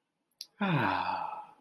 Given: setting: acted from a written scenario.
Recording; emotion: vocal sound without words; contentment